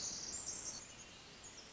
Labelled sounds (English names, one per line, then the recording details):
Pacific Wren
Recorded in Sonoma County, California